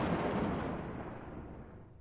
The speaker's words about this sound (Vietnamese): Một tiếng sấm động trời kèm theo cơn gió mạnh, lạnh ngắt lùa vào phía cửa căng tin.